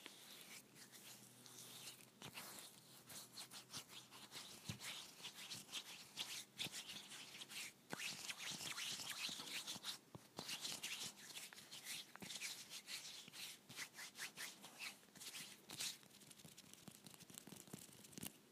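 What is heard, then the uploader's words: Hand sounds: steady, dense rubbing and scratching that is bright and hissy and runs the whole way through. Sharp taps or snaps cut in every couple of seconds, sometimes in quick pairs, over a quiet background. Hand cream ASMR.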